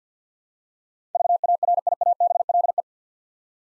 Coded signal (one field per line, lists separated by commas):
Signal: Morse code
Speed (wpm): 50 wpm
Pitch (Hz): 700 Hz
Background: none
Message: VARIABLE